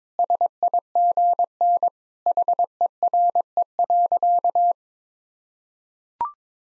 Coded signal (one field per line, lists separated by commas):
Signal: Morse code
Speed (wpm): 22 wpm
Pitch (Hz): 700 Hz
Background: none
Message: SIGN HERE.